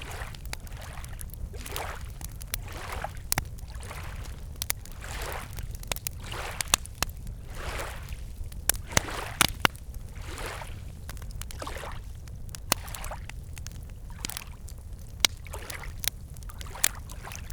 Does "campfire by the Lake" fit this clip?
yes